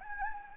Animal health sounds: mosquito wingbeat signal from an infrared sensor; Anopheles gambiae

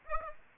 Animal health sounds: mosquito wingbeat signal from an infrared sensor; Aedes aegypti

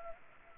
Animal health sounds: mosquito wingbeat signal from an infrared sensor; Culex pipiens

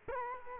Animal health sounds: mosquito wingbeat signal from an infrared sensor; Culex quinquefasciatus

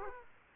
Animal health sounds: mosquito wingbeat signal from an infrared sensor; Aedes aegypti

